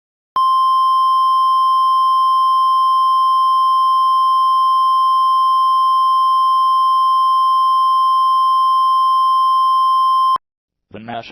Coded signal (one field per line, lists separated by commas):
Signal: Emergency Alert System (SAME) tones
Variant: 1050 Hz attention tone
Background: speech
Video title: DONT DRIVE OR OPERATE EAS EQUIPMENT (Festvox Kal test)